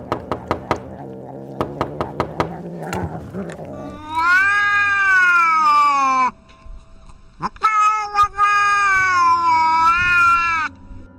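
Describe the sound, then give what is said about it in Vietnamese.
A wild cat lets out two long, loud, wavering yowls, each sliding in pitch like a howl and like a child wailing, following a run of sharp, repeated knocks on a door at the start, with another knock between the cries. “Tiếng quỷ gõ cửa kéo dài chừng hơn nửa cây nhang. Trong thời gian này, tiếng Ly Miêu cũng chuyển từ kêu sang hú, giống như trẻ con khóc nỉ non, khiến cho năm người trong nhà kinh hãi”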